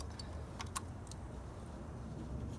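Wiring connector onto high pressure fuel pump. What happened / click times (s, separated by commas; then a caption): The fuel pump connector snaps into place / 0.8 s. An electrical wiring connector is pushed onto the high pressure fuel pump of an F-150 EcoBoost, the same way as the ignition coil connectors, which should give an audible snap. A faint tick at 0.6 s comes before one strong, sharp snap at 0.8 s over a low steady rumble, and the connector is seated.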